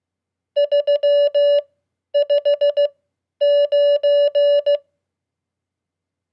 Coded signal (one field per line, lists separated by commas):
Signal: Morse code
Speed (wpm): 16 wpm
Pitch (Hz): 580 Hz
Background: none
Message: 359